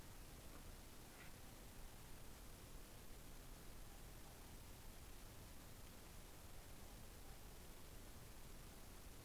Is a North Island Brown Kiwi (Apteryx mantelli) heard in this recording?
no